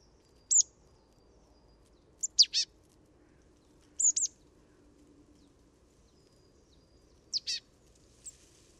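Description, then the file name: Marsh tit calling with brief high descending notes, singly and in short groups, at irregular intervals. "Poecile palustris"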